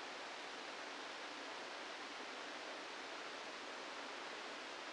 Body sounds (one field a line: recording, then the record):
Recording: brain microelectrode recording played as sound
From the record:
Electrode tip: inside the subthalamic nucleus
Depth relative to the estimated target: 0 mm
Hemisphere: right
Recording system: NeuroSet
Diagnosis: Parkinson's disease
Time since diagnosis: 8 years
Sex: male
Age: 65 years